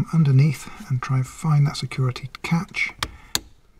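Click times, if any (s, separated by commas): 3.4 s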